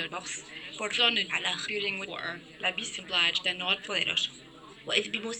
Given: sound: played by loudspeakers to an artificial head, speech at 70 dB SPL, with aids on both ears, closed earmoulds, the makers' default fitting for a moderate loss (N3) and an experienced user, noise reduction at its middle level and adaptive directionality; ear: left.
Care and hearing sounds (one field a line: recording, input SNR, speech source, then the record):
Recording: speech test signal (ISTS) in cocktail-party noise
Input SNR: +9 dB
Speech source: in front (0 degrees)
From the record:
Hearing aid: class 1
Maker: C